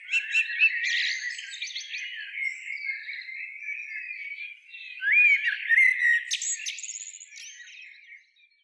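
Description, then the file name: Eurasian blackbird giving chattering calls and whistled slurs, with sharp high ticks, loudest in a burst in the second half. "Turdus merula"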